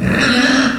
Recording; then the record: squeal of a Yucatan mini pig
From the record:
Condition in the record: after surgery on the right vocal fold (resection and tissue-engineered implant); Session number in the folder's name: 6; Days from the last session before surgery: 40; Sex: female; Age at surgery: 19 weeks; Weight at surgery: 25 kg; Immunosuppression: prednisolone